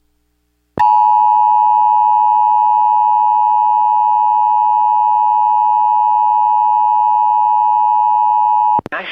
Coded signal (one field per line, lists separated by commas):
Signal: Emergency Alert System (SAME) tones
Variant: 853 and 960 Hz attention tone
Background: speech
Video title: Upland South, Anyone? | EAS Alerts from May 7th, 2023 (EAS #2483-2508)